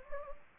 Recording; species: mosquito wingbeat signal from an infrared sensor; Anopheles gambiae